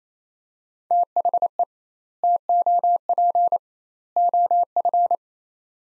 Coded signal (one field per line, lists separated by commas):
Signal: Morse code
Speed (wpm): 28 wpm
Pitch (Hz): 700 Hz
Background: none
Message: THE TOP OF